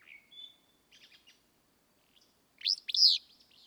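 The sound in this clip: Willow flycatcher: a thin whistle and short buzzy notes, followed by one loud, hoarse, sneezy two-part phrase.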